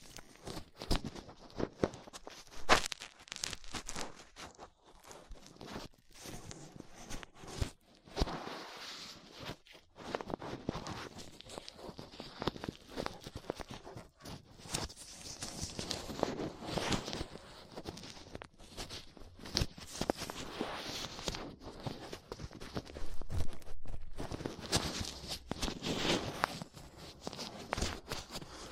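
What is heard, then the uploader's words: Ear-cleaning sounds with latex gloves, a dental pick and cotton swabs: dense, irregular scraping, rustling and soft crackling that comes in short bursts with brief silences between. The scratching is bright and crisp, growing busier and louder toward the end. ASMR 3Dio Ear Cleaning Latex Gloves, Dental Pick, Cotton Swabs (No Talking).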